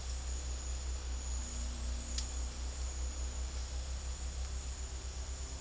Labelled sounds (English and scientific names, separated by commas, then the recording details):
none
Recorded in dense forest near Puerto Asís, Putumayo, Colombia, on 8 March 2025 at 15:00
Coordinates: 0.503, -76.323
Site GP09